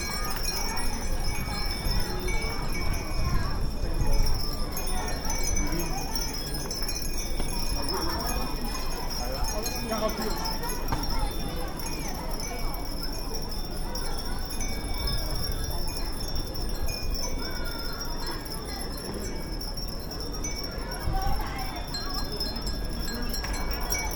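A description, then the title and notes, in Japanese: Wind chimes ring steadily in bright, sustained tinkles over a dense bustle of crowd chatter and footsteps, with a low rumble throughout. 雑踏と風鈴（Binaural）- bustle & wind chimes。平日夕方の浅草の雷門辺りで録りました。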